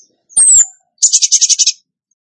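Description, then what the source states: Bird song: a thin high whistled slur, then a short burst of about nine fast, sharp, high-pitched notes in a quick rattling trill. Bird training (masteran) song in the gacor tembakan style.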